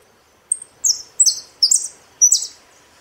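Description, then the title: Saffron finch song: a quick series of five bright, buzzy high notes, each slurring downward, delivered in a rapid burst over about two seconds. "Jilguero Argentino"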